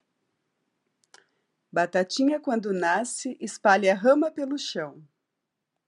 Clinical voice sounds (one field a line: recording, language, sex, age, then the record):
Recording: short text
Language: Brazilian Portuguese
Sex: female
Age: 50 to 59 years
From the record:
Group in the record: control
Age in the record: 56 years